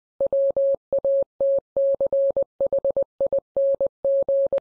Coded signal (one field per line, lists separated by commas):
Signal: Morse code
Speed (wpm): 20 wpm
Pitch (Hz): 550 Hz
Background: none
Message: WATCHING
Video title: Tech Talk with George, K3GP about FT8